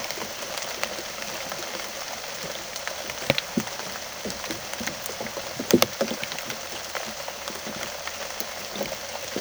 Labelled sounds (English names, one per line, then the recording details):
none
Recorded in secondary vegetation near Puerto Asís, Putumayo, Colombia, on 19 June 2025 at 15:00
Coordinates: 0.489, -76.322
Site G021